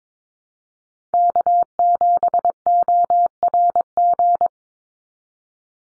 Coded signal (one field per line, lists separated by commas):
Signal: Morse code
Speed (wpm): 22 wpm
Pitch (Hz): 700 Hz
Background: none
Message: K7ORG